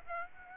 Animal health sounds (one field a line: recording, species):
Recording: mosquito wingbeat signal from an infrared sensor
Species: Aedes aegypti